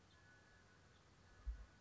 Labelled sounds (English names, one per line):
House Finch